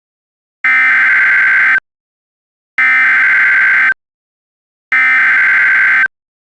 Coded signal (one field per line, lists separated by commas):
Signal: Emergency Alert System (SAME) tones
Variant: header bursts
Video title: [EAS Scenario/Angry EAS] WSM Pt 1: The KWO35 incident (VALID TONES)